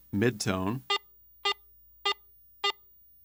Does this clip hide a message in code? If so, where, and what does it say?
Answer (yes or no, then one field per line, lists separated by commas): no